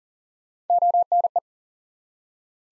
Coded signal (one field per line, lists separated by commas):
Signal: Morse code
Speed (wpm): 40 wpm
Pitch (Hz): 700 Hz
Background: none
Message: ONE